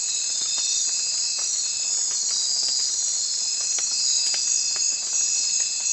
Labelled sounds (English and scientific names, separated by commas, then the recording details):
none
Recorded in secondary vegetation near Puerto Asís, Putumayo, Colombia, on 25 June 2025 at 02:30
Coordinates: 0.499, -76.323
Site G077